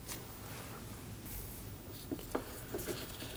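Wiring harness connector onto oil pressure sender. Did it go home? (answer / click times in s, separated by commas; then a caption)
no / none. A wiring harness electrical connector is handled as it is brought to the new oil pressure sender on a 2003-2006 Subaru Baja, with only faint, brief handling taps over a low background hiss. Nothing has seated or clicked yet; the connector is not yet pushed home and locked.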